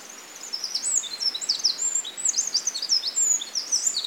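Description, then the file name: Eurasian wren singing a rapid, very high stream of twittering trills and quick rising and falling notes, unbroken and pulsing throughout, with faint background hiss. "Troglodytes troglodytes"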